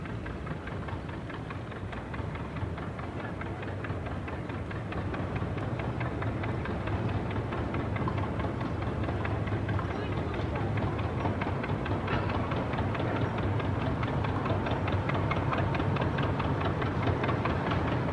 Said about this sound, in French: Une promenade au bord de la Sumida, autant des cerisiers en fleurs, des barques au fil de l'eau. Écoutez plutôt les bateaux sur la Sumida.